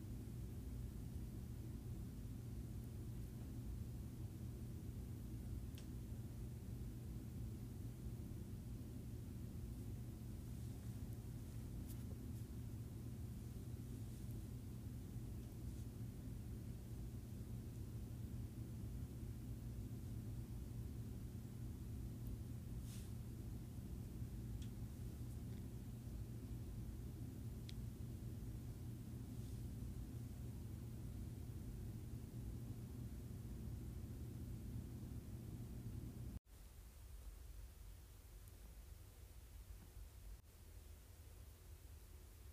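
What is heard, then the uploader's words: An air conditioner hums steadily, with a dense low drone and a few even tones layered in the rumble, plus faint hiss above. Occasional brief ticks and clicks surface. At about 36 seconds the hum cuts out abruptly, leaving a thinner, quieter hiss. Distant Air Conditioner.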